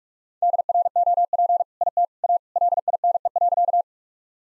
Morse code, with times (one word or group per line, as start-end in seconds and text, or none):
0.4-1.6 DROP
1.8-2.0 IT
2.2-2.4 A
2.6-3.8 LINE.